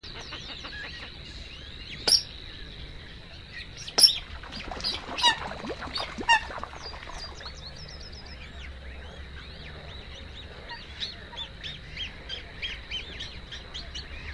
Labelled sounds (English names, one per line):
Eurasian Coot call